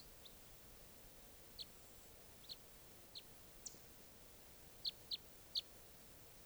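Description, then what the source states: Red crossbill calls: brief clipped notes, scattered at first, then three louder ones close together near the end, over a soft background hiss. Type 3 call; one crossbill held in a net during recording; recordist tried to collect a type 3 bird, which flew off.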